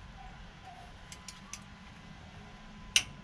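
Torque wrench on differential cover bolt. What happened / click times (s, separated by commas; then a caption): The torque wrench clicked at its set torque / 3.0 s. A click-type torque wrench tightens a differential cover bolt on a 2017 Ram 3500 during a rear differential fluid change, confirmed breaking over at its set torque. Against a steady low hum, a few faint ticks come at about 1.1, 1.3 and 1.5 seconds, then the sharp, loud click of the wrench reaching its setting at 3.0 seconds. A second sharp click follows at 3.3 seconds.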